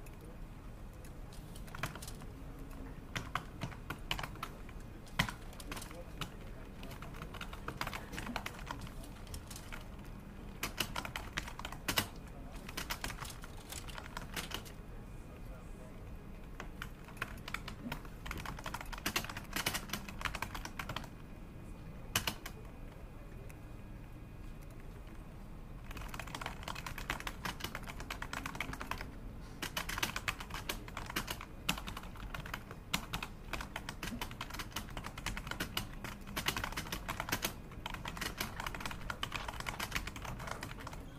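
Keyboard typing clatters almost nonstop in a busy office, quick uneven bursts of sharp key clicks over a steady low murmur of conversation and machine hum. The clicking thins out briefly around the middle, then picks back up and continues to the end.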